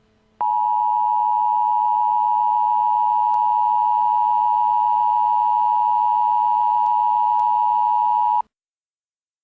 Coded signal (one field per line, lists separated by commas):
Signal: Emergency Alert System (SAME) tones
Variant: 853 and 960 Hz attention tone